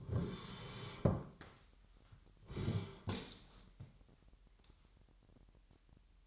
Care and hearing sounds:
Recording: daily activity, microphone in the room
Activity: sit down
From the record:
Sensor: 3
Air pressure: 998.4 hPa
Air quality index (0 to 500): 129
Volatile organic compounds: 4 ppm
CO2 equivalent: 1539 ppm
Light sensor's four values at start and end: 10/21/9/10 and 8/19/8/8

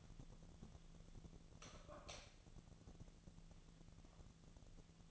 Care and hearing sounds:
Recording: daily activity, microphone in the room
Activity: light on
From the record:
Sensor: 4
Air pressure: 1000.8 hPa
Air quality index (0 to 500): 126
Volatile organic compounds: 1 ppm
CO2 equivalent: 948 ppm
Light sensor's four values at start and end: 35/84/35/38 and 37/92/38/42

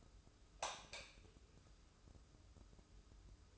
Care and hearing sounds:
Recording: daily activity, microphone in the room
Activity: light on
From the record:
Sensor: 2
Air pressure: 995.2 hPa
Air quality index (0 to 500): 72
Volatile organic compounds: 2 ppm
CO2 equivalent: 1248 ppm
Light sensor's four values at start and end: 7/16/6/6 and 12/34/13/13

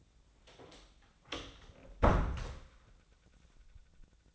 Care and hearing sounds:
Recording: daily activity, microphone in the room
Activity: close door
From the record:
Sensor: 3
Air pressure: 1009.2 hPa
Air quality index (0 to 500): 201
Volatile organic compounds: 4 ppm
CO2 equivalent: 1620 ppm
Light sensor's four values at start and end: 42/112/48/48 and 42/111/48/48

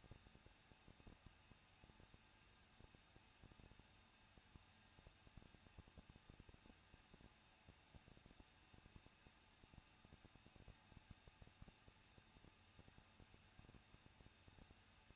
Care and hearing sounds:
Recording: daily activity, microphone in the room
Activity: no activity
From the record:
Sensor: 2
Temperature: 21.0 degrees Celsius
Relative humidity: 37.3%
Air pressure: 1006.3 hPa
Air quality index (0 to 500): 221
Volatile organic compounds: 23 ppm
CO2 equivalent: 2793 ppm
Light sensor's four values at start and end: 2/3/2/2 and 2/3/2/2

